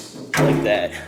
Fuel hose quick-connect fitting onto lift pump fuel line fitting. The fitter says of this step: push until you hear a click and you know you're good like